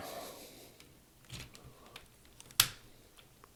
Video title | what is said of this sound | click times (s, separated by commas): STUDIO SERIES 86 CONSTRUCTICON DEVASTATOR COMBINED | Click. They will click in. | 2.6 s